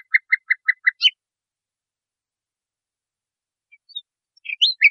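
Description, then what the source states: Nightingale song phrase of five evenly spaced short notes followed by a high flourish, then quiet before scattered sliding whistles and chips resume. Masteran recording, used for training cage birds.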